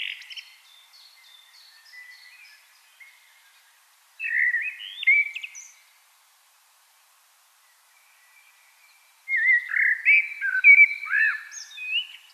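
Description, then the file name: Common blackbird singing: a twittering tail fades out, then two low fluty warbled phrases, each ending in high squeaky twitters, separated by several seconds of silence. "Turdus merula"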